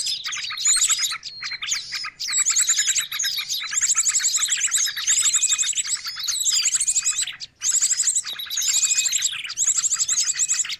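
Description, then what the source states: Birds produce loud, crowded chirping, with repeated bursts of fast, high, buzzy trills and a few short gaps. Noisy bird chatter used as a lure (pikat) for catching birds.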